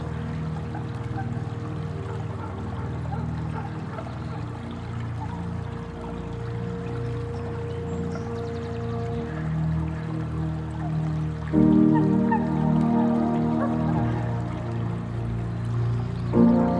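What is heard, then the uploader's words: Steady trickling water runs throughout beneath soft sustained tones that shift around 9 seconds and swell louder from about 11.5 seconds onward. Sounds of trickling water and gentle tunes.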